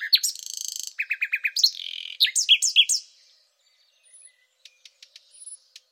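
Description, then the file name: Thrush nightingale song: bursts of repeated sharp notes, a fast series of descending chirps, then clipped clicks and quiet ticking notes with a faint high whistle. "rossignol philomele"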